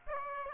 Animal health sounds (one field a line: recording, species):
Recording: mosquito wingbeat signal from an infrared sensor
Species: Aedes aegypti